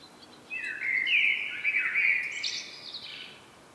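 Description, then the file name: Common blackbird singing a rich, fluty warbled phrase that climbs into a thin, high-pitched twittering flourish at the end. "Turdus merula"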